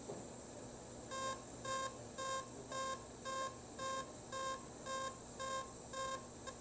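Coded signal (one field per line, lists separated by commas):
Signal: none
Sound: laser machine alert beeps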